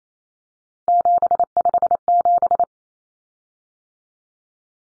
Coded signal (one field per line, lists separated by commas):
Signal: Morse code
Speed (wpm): 28 wpm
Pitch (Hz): 700 Hz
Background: none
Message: 757